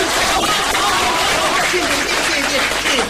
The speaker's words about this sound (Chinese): 谢谢大家的掌声啊！